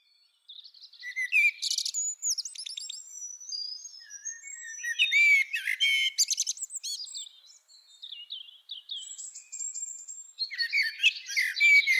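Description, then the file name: Common blackbird delivering several bursts of high twittering mixed with whistled slurs, separated by short quieter gaps. "Turdus merula"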